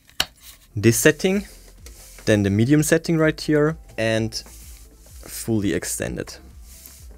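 A folding metal or plastic foot on the base of a GravaStar Mars Pro Bluetooth speaker is unfolded to its fully extended setting, one of three settings, and gives a sharp, loud click at 0.2 s as it snaps into its detent and seats. Someone then talks for the rest of the clip, with a faint click near the end.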